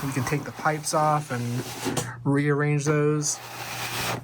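A plastic playset accessory piece is handled near its playset base while someone talks over faint background hiss. Nothing has seated or clicked into place yet.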